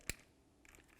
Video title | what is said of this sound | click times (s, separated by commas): How to Replace Ignition Coils 2003-08 Toyota Matrix | go ahead and press it on, listen for a click. | 0.1 s